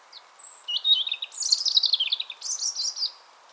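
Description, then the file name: European robin delivering one continuous, varied phrase of high sweet whistles, trills and liquid twitters, the notes jumping in pitch throughout. "Erithacus rubecula"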